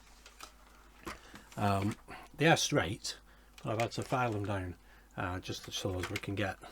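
Someone talks while handling the plastic aft deck section of a Hachette Titanic model ship over brown posts that were filed down because they were misaligned, with faint taps and handling noises around 0.3, 0.4, 1.4 and 1.5 seconds. The section is about to be pressed down over the posts, but nothing has seated or clicked into place yet.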